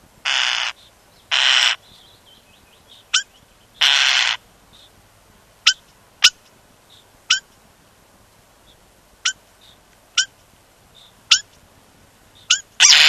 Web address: european starling